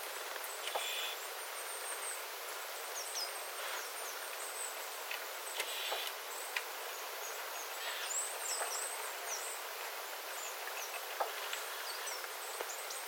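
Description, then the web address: Small birds trading very high, thin calls at irregular intervals, with faint ticking sounds over a steady hiss. Small flock of birds calling, water dripping from the eaves after rain, 9 September 2025. "paivat 9 9 2025 pikkulintuparven aantelya vesi tippuu raystaalta sateen jalkeen"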